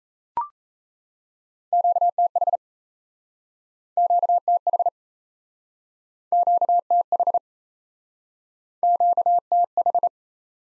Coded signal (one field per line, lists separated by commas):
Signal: Morse code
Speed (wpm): 38 wpm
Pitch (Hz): 700 Hz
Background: none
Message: QTH QTH QTH QTH